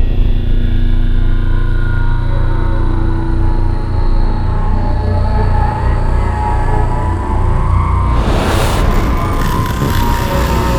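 A dense, low synth drone rumbles steadily with shimmering tonal layers, then a bright swelling whoosh rises near the eighth second.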